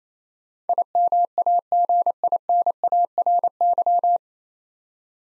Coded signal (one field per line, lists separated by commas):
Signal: Morse code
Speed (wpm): 28 wpm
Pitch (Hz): 700 Hz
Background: none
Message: IMAGINARY